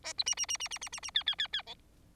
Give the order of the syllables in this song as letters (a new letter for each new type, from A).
A B C C C C C C C C D D D D E